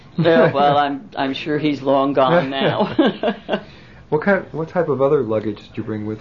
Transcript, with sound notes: Well, I'm sure he's long gone now. ( she laughs )
What kind of, what type of other luggage did you bring with you?